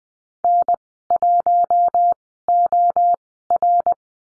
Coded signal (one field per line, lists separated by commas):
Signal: Morse code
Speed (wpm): 20 wpm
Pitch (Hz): 700 Hz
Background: none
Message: N1OR